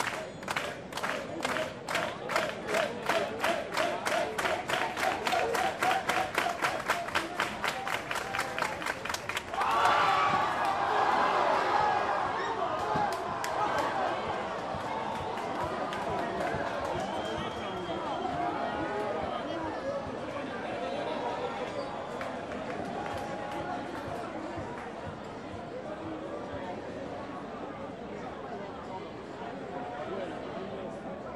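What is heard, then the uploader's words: Soccer fans packed into cafés around a square cheer and chant, with rapid rhythmic clapping or stamping in the first ten seconds. Then a loud surge of shouting breaks out and settles into a dense, steady crowd roar with voices throughout. Spanish soccer fans, Leidseplein Amsterdam. Spanish soccer fans watching the game (in café’s around the square) between Spain and Paraguay in the 2010 World Cup. This recording was made around the 58th minute were there several penalties in a row.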